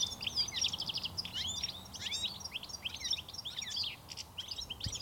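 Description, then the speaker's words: European Goldfinch giving bright tinkling, twittering notes in quick liquid runs, nearly continuous with brief pauses. Tinkling call by which the goldfinch is easily recognised. "Tikli on myös helppo tunnistaa tästä helisevästä äänestä."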